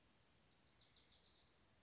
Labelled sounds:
Wilson's Warbler
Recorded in Sonoma County, California

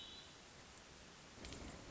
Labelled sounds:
Hermit Thrush
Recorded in Sonoma County, California

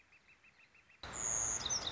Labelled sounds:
Northern Flicker
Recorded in Sonoma County, California

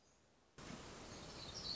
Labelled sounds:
Black-throated Gray Warbler
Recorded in Sonoma County, California

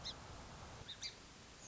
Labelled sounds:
Song Sparrow
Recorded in Sonoma County, California

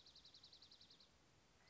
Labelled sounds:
Dark-eyed Junco
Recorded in Sonoma County, California

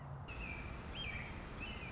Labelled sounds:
Red-shouldered Hawk
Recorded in Sonoma County, California

